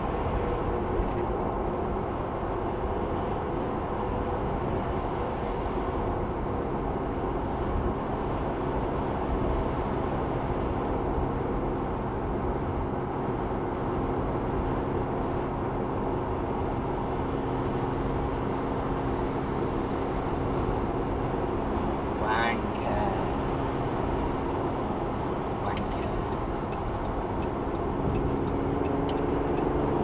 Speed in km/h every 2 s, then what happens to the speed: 109, 108, 106, 105, 105, 103, 103, 103, 105, 106, 103, 106, 106, 109, 116.
0-25 steady at about 105. 25-30 speeds up to 116.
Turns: none.